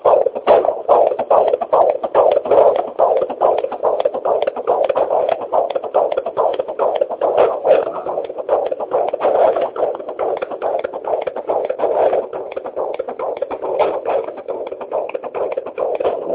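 Rapid, regular whooshing pulses at about 143 beats per minute come through a Doppler probe over steady hiss. It is a fetal heartbeat at 21 weeks of pregnancy, with a rate within the usual fetal range.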